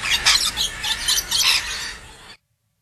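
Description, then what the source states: Rainbow lorikeet squealing: harsh, rasping screeches in rapid overlapping bursts for about two seconds, ending abruptly in silence. Played on radio as an audio clue.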